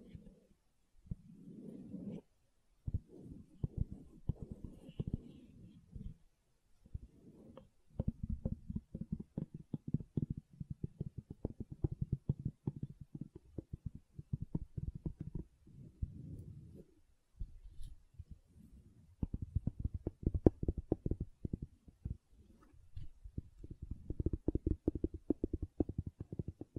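Gentle silicone sounds come in dense bursts of soft, low squishing and tapping, broken by short silences around three, seven and eighteen seconds.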